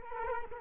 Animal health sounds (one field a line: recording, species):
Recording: mosquito wingbeat signal from an infrared sensor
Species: Culex quinquefasciatus